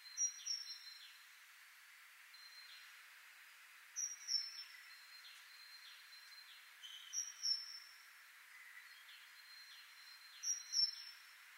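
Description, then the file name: Great tit giving quick doubled high notes every few seconds, set against a steady hiss and faint chirping background. "Parus major"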